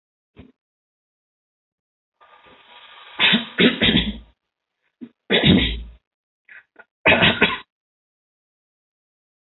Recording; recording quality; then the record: shallow voluntary cough; moderate, slight background noise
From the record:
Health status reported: healthy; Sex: female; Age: 32 years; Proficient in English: yes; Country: India